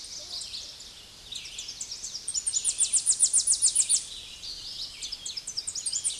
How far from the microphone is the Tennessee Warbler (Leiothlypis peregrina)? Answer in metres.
about 35 m